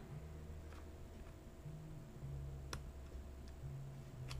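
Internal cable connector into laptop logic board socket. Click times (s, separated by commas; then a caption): 2.7 s. A small ribbon cable connector, lined up and guided by finger, is pushed home into its socket on a MacBook Pro laptop logic board. A sharp, bright click at 2.7 s marks it popping into place, followed by fainter ticks near 3.5 s and 4.3 s over a steady low hum. The connector is seated.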